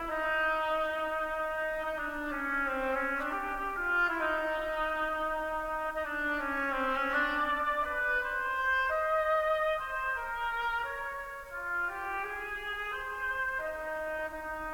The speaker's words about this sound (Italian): L'anitra dall'oboe. State a sentire l'oboe.